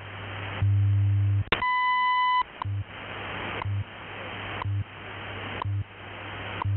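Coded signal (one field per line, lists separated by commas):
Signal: radio time signal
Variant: WWV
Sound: hissy static with a low hum, second ticks, and one long high beep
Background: radio static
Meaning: The long 1 kHz tone marks the start of a new minute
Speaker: At the tone, 16 hours, 3 minutes, Coordinated Universal Time.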